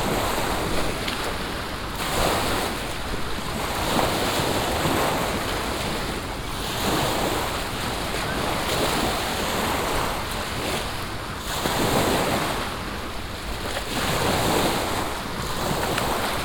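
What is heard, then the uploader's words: Waves wash in a continuous churning rush, swelling in loose surges about every two seconds without ever dropping to quiet. Low rumbling and buffeting wind run underneath, and a faint steady hiss sits high above throughout. Boats and Waves. Saint-Plantaire.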